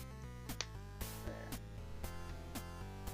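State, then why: Seated. The plastic head of a Mattel Wal-Mart exclusive WWE Superstars Kane wrestling action figure is pushed back onto its neck peg after being taken off. Over steady background music, a sharp, very short snap rings out at 0.6 s. The head seats properly with the snap of satisfaction, not the crack of defeat.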